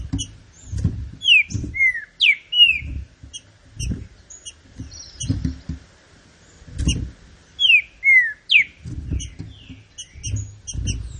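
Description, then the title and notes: Green-winged saltator singing clear descending whistled phrases twice, with scattered thin high chirps and irregular low thuds throughout. Classic song style of the green-winged saltator, presented for training. "Canto Clássico Trinca Ferro TREINAMENTO. trinca fero"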